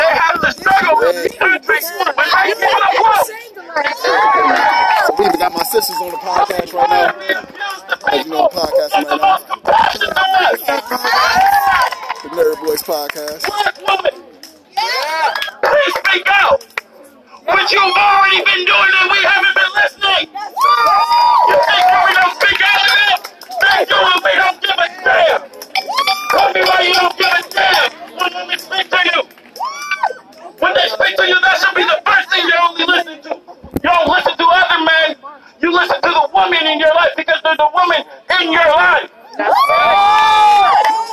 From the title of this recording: Niagara Square Protest in Downtown Buffalo